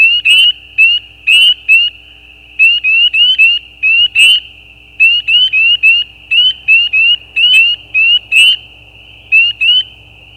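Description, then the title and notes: Spring peeper mating calls: many high, sharp peeps that rise slightly, given in quick succession with brief pauses, over a steady faint hum. Mating calls of peeper frogs, given as individual calls with gaps; recorded at night at the side of a gravel road. "Peepers peeping. Peeper frogs mating calls - the calls are more individual with gaps in the recording. Recorded at the side of a gravel road at night. Recorded by Anton Pickard. Part of the Music for Sleep project"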